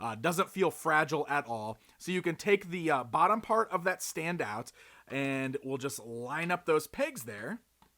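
The bottom piece of a plastic action figure display stand is taken out and its pegs are lined up with the stand while someone talks. Nothing has seated or clicked yet, and the clip ends just before the piece snaps into place.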